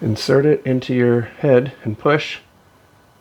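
Someone talks while a screw-holding screwdriver tip is being fitted into a slotted screw head during a John Deere MT service. The talking stops at about 2.4 s, followed by near silence. Nothing has clicked or seated yet.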